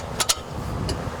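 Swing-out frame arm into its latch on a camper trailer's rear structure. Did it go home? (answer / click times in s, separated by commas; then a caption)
yes / 0.3 s. A metal swing-out frame arm on a camper trailer's rear structure is swung out and locks into its latch with a short metallic clunk at 0.3 s, just after a lighter knock near 0.2 s. A fainter tap follows at about 0.9 s over a steady low rumble, and the arm is seated in place.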